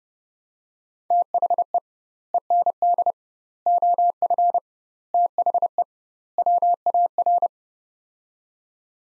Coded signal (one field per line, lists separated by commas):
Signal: Morse code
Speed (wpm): 30 wpm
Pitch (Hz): 700 Hz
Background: none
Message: THE END OF THE WAR